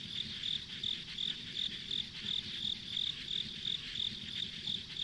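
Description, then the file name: Short bright insect chirps follow one another at an even pace, several each second, over a thin hissing hum. Ambient insect sounds on a country road. "田舎道の虫の環境音"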